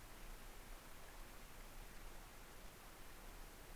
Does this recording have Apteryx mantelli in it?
no